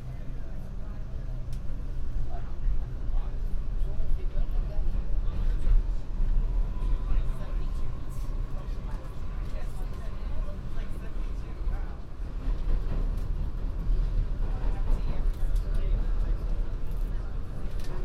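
Aboard a subway train, a steady low rumble fills the ride while voices talk throughout and a faint squeal rises midway.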